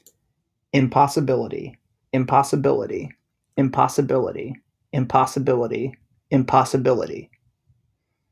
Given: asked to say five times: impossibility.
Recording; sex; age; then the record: repeated word; male; 30 to 39 years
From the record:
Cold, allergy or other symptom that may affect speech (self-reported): no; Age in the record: 31 years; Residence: South Carolina, United States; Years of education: 21